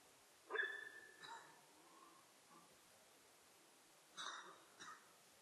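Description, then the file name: Sika deer calls: a sharp tonal cry sliding near one pitch, then softer fragments, with two more short cries about four seconds later over faint background hiss. Recorded in Japan on 4 November 2006. "061104 nihonjika"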